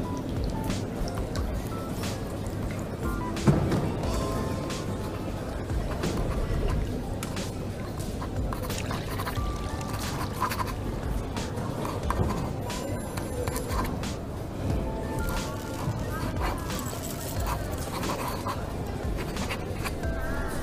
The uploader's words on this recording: Coffee shop ambience. Voices. Cutlery.